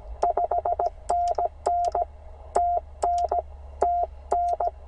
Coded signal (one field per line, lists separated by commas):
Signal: Morse code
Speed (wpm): 17 wpm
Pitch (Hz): 690 Hz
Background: none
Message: 5NN TN TN